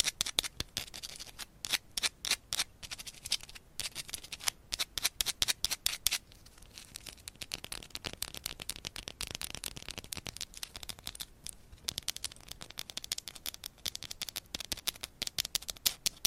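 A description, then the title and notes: Fast, aggressive nail tapping and scratching on items, dense crisp bright clicks in rapid bursts, with brief lighter scratchy stretches between. ASMR Fast & Aggressive Tapping & Scratching with Different Mics Items & Nails No Talking.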